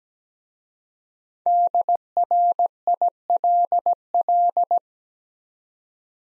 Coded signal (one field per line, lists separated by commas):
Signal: Morse code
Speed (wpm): 17 wpm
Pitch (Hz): 700 Hz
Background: none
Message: DRILL